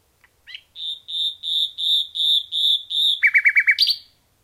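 Common nightingale song: a series of seven steady, whistled notes at an even pace, then a fast stutter of lower notes and a final sharp flourish.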